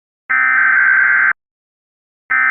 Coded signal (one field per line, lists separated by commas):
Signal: Emergency Alert System (SAME) tones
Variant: header bursts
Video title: EAS MOCK Tornado Warning On WXM56 I Missed - 6/26/25 #COWX #WXM56 #COSWX